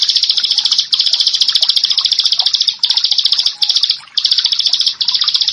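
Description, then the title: Prinia song: rapid strings of harsh, buzzy high notes, interrupted by a few short gaps. "Ciblek Sawah 1"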